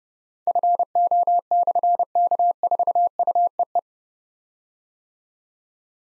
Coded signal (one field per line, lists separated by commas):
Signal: Morse code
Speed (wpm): 28 wpm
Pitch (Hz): 700 Hz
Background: none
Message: FO/K4UEE